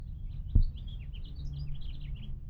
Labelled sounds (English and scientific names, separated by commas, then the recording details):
House Finch (Haemorhous mexicanus) song
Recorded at Hewlett Harbor on Long Island, New York, on 10 June 1975
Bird F